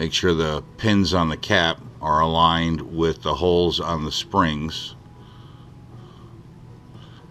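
Someone talks for about five seconds while the plastic cap of a G5 wheel-light brush block is lined up so its pins meet the holes on the springs, then set on slightly crooked, followed by a quiet low background hum. The cap has not snapped in yet.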